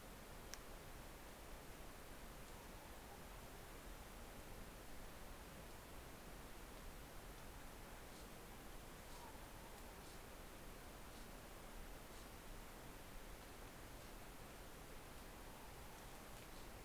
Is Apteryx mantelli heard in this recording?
no